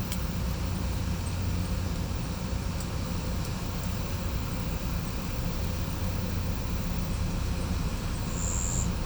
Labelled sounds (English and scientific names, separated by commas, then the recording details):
none
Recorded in pastures near Puerto Asís, Putumayo, Colombia, on 16 December 2024 at 11:30
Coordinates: 0.505, -76.324
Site G063